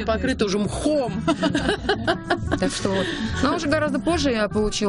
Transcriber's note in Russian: смеется